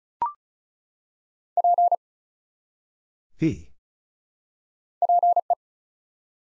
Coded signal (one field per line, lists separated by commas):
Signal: Morse code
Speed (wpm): 36 wpm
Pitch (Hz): 700 Hz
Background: none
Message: P PE